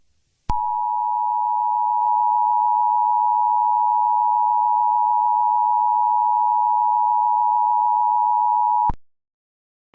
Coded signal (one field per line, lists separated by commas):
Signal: Emergency Alert System (SAME) tones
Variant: 853 and 960 Hz attention tone